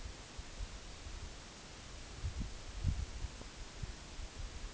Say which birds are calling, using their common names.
none